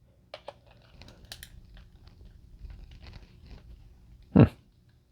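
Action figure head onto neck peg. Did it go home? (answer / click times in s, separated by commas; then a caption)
no / none. A plastic action figure head is pressed onto the neck peg of a build-a-figure, with small clicks and handling rustles early on and a louder thump near 4.4 seconds. No pop or click ever marks the head seating, so nothing has seated or clicked yet.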